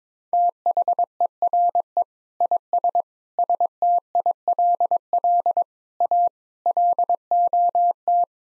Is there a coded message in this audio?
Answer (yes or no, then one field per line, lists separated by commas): yes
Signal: Morse code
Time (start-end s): 0.3-8.2 s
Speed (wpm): 22 wpm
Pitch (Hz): 700 Hz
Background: none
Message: THERE IS STILL A LOT